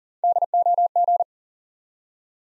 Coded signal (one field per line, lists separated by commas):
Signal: Morse code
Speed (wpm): 38 wpm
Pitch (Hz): 700 Hz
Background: none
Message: DOG